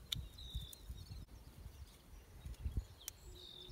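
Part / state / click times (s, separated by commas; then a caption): retaining clip on tractor PTO shaft / partly seated / 0.1 s, 3.1 s. A snap ring or retaining clip is slid onto the PTO shaft of a John Deere 4020 tractor with vice grips while changing the PTO from 540 to 1000 RPM, giving sharp metallic clicks at 0.1 s and 3.1 s over a low rumbling background. The clip sits in place but only partly in its groove on one side, and still needs pushing fully home with a punch or screwdriver.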